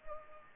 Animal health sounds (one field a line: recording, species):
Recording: mosquito wingbeat signal from an infrared sensor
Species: Culex pipiens